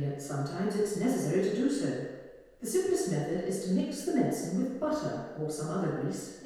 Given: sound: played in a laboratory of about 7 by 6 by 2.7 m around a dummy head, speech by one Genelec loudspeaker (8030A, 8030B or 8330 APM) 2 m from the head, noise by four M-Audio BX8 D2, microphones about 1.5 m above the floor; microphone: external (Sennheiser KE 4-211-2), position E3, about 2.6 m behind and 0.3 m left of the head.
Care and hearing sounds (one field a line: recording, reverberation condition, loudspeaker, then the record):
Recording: female speech in English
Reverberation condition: high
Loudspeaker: 60 degrees to the left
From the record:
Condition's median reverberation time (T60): about 1300 ms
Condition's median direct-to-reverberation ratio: about -4.0 dB